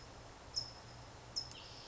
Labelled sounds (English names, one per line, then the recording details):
California Towhee
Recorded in Sonoma County, California